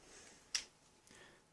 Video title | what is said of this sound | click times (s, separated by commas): KSC M93r System 7 (Metal, Taiwan Version) Review [Airsoft] | Very simple, it's all steel, snaps into place like that. | 0.5 s